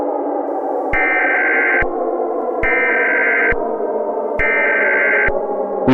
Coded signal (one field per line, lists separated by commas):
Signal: Emergency Alert System (SAME) tones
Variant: header bursts